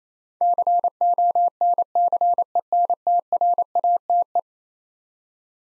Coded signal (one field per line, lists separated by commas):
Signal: Morse code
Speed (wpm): 27 wpm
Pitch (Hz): 700 Hz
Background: none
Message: CONCENTRATE